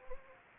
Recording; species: mosquito wingbeat signal from an infrared sensor; Anopheles gambiae